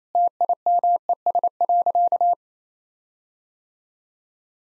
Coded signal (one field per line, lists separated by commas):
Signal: Morse code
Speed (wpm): 28 wpm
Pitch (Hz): 700 Hz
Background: none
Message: TIMES.